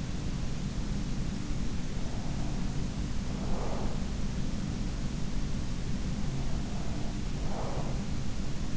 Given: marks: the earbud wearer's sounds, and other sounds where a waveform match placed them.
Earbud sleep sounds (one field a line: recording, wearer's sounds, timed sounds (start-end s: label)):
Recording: sounds in sleep by an in-ear microphone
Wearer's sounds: breath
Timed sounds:
0.03-1.66 s: breath
2.10-5.10 s: breath
6.09-8.77 s: breath